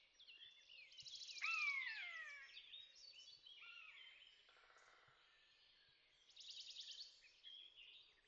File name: egereszolyv hangja